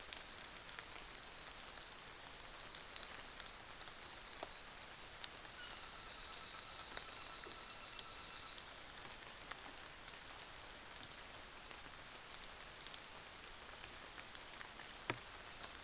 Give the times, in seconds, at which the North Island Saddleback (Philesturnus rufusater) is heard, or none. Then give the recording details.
5.61-8.71. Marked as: faintness 3/5. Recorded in New Zealand on 24 December 2018. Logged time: 06:00